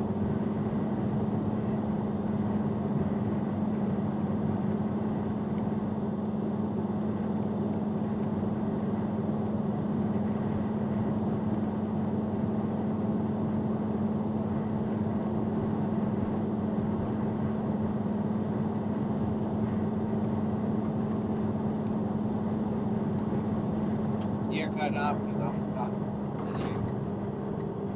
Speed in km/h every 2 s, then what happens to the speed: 116, 116, 116, 116, 116, 118, 118, 118, 116, 118, 116, 116, 114, 109.
0-19 steady at about 116. 19-28 slows to 109.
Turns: none.